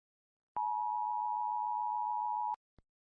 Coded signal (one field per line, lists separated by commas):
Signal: Emergency Alert System (SAME) tones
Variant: 853 and 960 Hz attention tone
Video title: The Broken Masquerade - SCP EAS SCENARIO